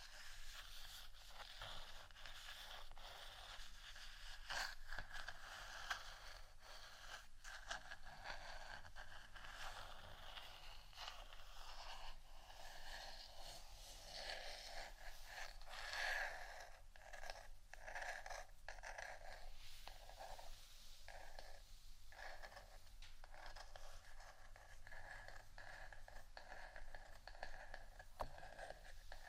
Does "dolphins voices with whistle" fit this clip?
no